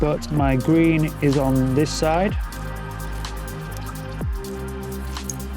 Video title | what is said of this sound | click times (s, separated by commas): How To Fit Isuzu D-Max 2025+ Aeroklas Canopy with E-Tronic Locking | Make sure you listen for them clicks to make sure it's fully engaged. | 5.3 s